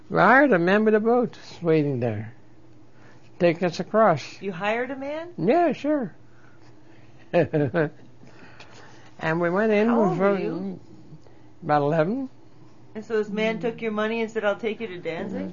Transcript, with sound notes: We hired a man with a boat, waiting there to take us across.
You hired a man?
Yeah, sure. ( he laughs ) And we went in...
How old were you?
About eleven.
And so this man took your money and said, "I'll take you to Danzig."